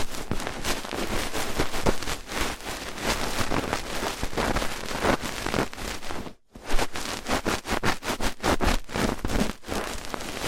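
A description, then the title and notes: Rough ear cleaning fills the clip with dense, crackly scratching and rubbing, a busy run of quick rasping strokes that sounds a bit like rain on a surface. The sound cuts out completely for a brief moment around six seconds, then resumes just as thick. ASMR Rough Ear Cleaning (No Talking).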